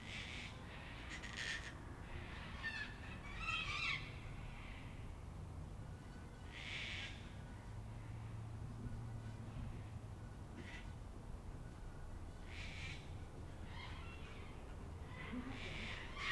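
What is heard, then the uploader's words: Cockatoos screech in bursts over an evening scene, with harsh calls around the first few seconds, near seven seconds, and again toward the end, joined by chirps from other birds. A steady low rumble, like traffic, runs underneath throughout. An Evening in Canberra (Feat. 500 Cockies). A typical evening in Canberra, featuring the local Cockies and misc other birds. Recorded during lockdown in April 2020.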